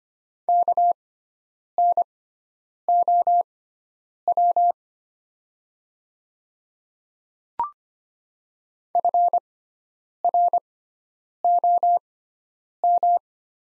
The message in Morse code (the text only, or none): KNOW FROM